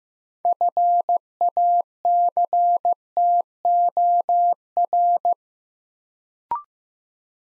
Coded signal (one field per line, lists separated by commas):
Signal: Morse code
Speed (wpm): 15 wpm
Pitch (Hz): 700 Hz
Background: none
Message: FACTOR